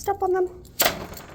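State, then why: Seated. Someone talks briefly while stepping on the foot of a temporary office cubicle panel, whose rubber piece is lined up with a hole, to press it into the panel base. A single sharp snap is heard at 0.8 s as the foot clicks and locks into place.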